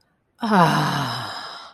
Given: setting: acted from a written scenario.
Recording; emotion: vocal sound without words; desire